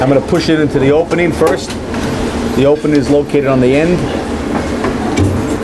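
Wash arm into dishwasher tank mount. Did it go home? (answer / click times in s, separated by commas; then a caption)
no / none. Someone talks while the cleaned stainless wash arm of a Hobart CLE 44 dishwasher is pushed into its opening at the end of the tank, the first step before it is locked into place. A steady low hum runs underneath the voice. Nothing has seated or clicked yet.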